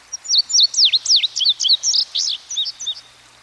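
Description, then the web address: Indigo bunting song: a quick run of high, sweet notes, some in pairs, with sharp downslurred notes in the middle, lasting about three seconds. Recorded by a stream. "Dan Gibson Songbirds By The Stream. Indigo Bunting"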